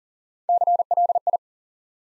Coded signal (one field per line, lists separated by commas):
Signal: Morse code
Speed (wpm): 38 wpm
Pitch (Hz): 700 Hz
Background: none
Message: CLI